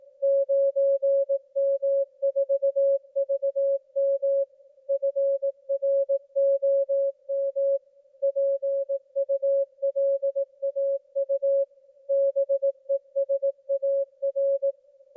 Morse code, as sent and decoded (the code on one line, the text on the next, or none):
----. -- ....- ...- -- / ..-. .-. --- -- / .--. ..- .-.. .- ..- / -... . ... .- .-.
9M4VM FROM PULAU BESAR